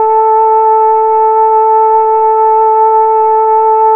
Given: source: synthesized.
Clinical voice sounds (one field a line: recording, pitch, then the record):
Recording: sustained vowel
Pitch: 440 Hz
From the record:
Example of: Parkinson's disease